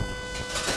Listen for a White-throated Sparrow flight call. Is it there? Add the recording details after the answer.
no. No flight call is heard. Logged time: 00:15 on 3 September 2014